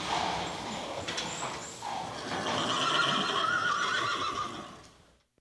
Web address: Auf dem Land wiehernde pferde im stall